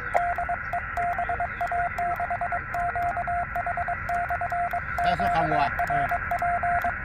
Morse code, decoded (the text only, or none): DE BA6QH/QRP